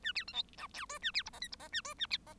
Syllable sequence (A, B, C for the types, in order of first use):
A B C D E F G A B H I J H I A G A B I